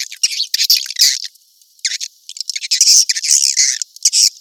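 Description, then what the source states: Swiftlet twittering: irregular, overlapping high chirps and squeaky trills in uneven bursts, with a brief lull in the middle. Sound used in swiftlet farming in Asia to attract birds.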